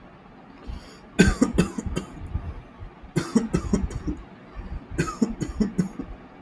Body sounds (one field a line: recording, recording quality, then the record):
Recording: shallow voluntary cough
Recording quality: excellent, no background noise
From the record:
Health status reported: healthy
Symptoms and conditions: asthma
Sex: male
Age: 32 years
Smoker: yes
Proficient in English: yes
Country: India